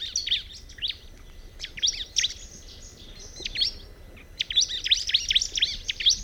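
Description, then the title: Bar-winged prinia singing bright, high chips and short downslurred notes in rapid clusters, with a brief pause midway before a louder burst. "Ciblek Pro"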